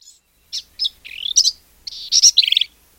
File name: Black-capped Vireo